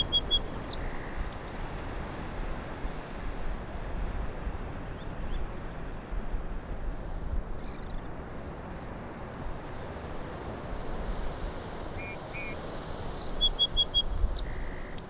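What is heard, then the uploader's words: Bird calls ring out over a steady, dense roar of wind or surf that fills the low end throughout. Bright, clipped chirps come in short rapid bursts near the start and again around thirteen to fifteen seconds, sharper and busier toward the end. While visiting Low Island recently, I was able to observe and record this Song Sparrow ( Melospiza melodia ) singing. The surf crashing up on the shore in the distance behind me is present throughout. Recording was made with a Sony PCM-M10 which I held in hand. Low Island Song Sparrow.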